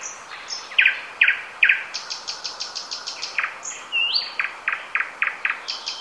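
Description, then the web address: Nightingale song of loud notes in several repeated series, with high thin whistles and a brief buzzy note. "ljud Luscinia"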